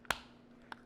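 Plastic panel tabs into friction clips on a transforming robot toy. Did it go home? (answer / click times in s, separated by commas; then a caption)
yes / 0.1 s. A plastic panel on a Transformers Haslab Victory Saber robot toy is brought down along its guides so its two small tabs seat into friction clips, securing the legs in place. A faint tick comes just before a sharp, bright click at 0.1 s, followed by a softer second click at 0.7 s over a steady low hum. The tabs are seated.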